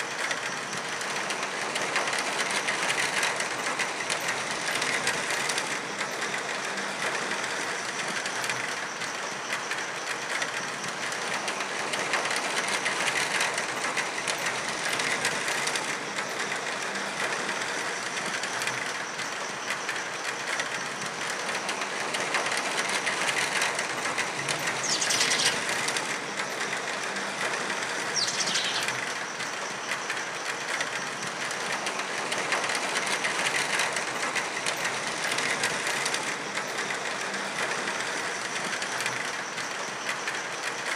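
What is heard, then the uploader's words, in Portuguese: Heavy rain falls steadily throughout, a dense, even hiss of countless drops with little change in level. Brief bird calls cut through around the 25 and 28 second marks, high and short against the constant downpour. Uma chuva forte junto com a cantoria dos pássaros, proporcionam um senso de calma. Som de Chuva e Pássaros.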